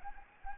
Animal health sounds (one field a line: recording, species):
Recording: mosquito wingbeat signal from an infrared sensor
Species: Anopheles arabiensis